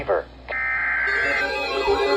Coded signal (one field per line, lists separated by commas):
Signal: Emergency Alert System (SAME) tones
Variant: header bursts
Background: speech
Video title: EAS #210 SVR on WWG56 Youngstown, OH